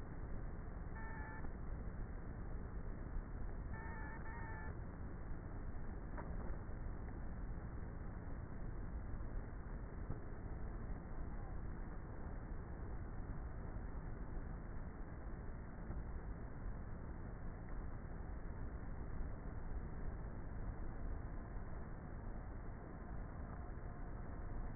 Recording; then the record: honeybee colony, microphone inside the hive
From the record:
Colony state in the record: queenless with a low population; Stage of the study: before two queens were removed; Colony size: about 30,000 bees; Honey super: no